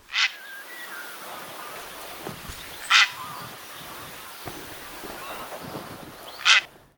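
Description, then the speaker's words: Purple Heron calls: three short, harsh rasping croaks a few seconds apart, against a quiet background hiss. Hoarse, croaking or growling call. "Het geluid van de purperreiger is meer een schorre roep, krassend of grommend."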